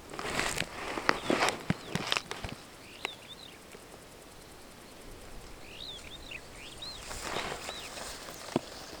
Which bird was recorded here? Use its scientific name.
Lamprotornis superbus